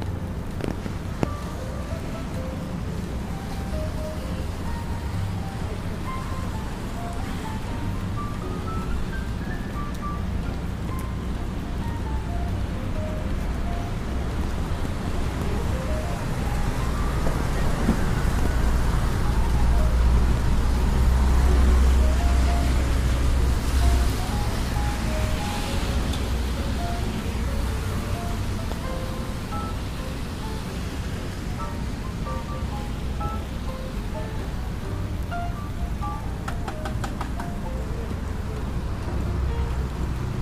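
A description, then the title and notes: A rainy day in New York: a steady hiss of rain sits over a constant low rumble of traffic. The rumble swells as a heavy vehicle passes between about 18 and 25 seconds, while short, high chirps come and go throughout. Raining Day In New York.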